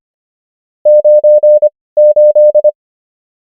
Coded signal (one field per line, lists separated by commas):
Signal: Morse code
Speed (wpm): 25 wpm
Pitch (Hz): 600 Hz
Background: none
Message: 98